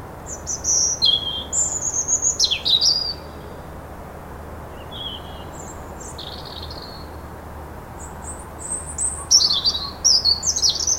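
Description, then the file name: European robin song: rapid tinkling high notes and descending slurs, a short soft phrase in the middle, then a sparkling burst of thin whistles at the end over faint hum. "Erithacus rubecula"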